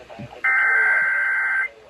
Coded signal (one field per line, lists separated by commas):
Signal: Emergency Alert System (SAME) tones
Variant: header bursts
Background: speech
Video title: WHEN YOU OVERSLEPT AND MISSED THE MFL WEEKLY - EAS Alert Tests From 11/1/23 (EAS #1067-1072)